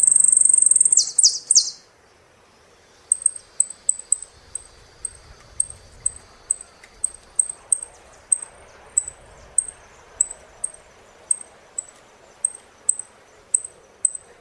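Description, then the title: Saffron finch: a brief burst of harsh buzzy notes, a short pause, then a long steady run of sharp high chips. "Jilguero Argentino"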